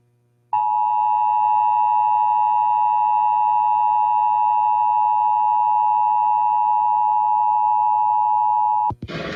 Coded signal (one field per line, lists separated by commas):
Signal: Emergency Alert System (SAME) tones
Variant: 853 and 960 Hz attention tone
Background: music